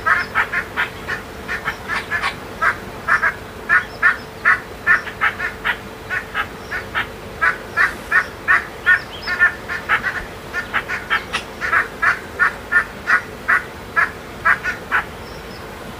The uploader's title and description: Morning on the Zambezi River. Recorded near Simonga, Zambia